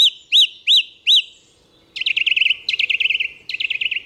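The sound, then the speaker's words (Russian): A song thrush sings loud, clear phrases: first four arched whistled notes repeated, then rapid bursts of sharp, high chirps, each burst repeated several times. No voices. “В общем, певчий дрозд у нас пел так: «Зря, зря, зря, пожалеешь, пожалеешь, пожалеешь, пожалеешь».”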